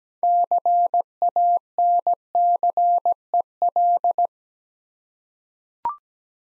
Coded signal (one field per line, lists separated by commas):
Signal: Morse code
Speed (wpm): 17 wpm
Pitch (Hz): 700 Hz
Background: none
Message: CANCEL